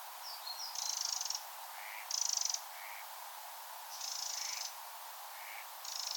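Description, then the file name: Eurasian wren, four dry buzzy rattles interleaved with short lower chirps and a few thin high notes. "Troglodytes troglodytes"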